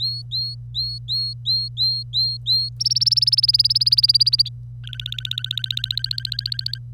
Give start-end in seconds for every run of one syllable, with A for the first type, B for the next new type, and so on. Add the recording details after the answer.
0.00-2.69 A, 2.80-4.49 B, 4.84-6.78 C. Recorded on 25 April 2018 at 09:33. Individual llb3